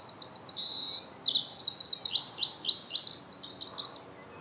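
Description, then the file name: Eurasian wren singing a fast, high, rattling trill mixed with piercing notes, briefly pausing and then bursting on again before stopping. "Troglodytes troglodytes"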